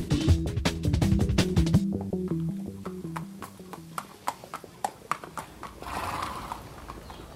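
A horse whinnies with a loud, wavering neigh, then hooves clip-clop in a steady, even rhythm of sharp knocks, fading to a softer rustle at the end.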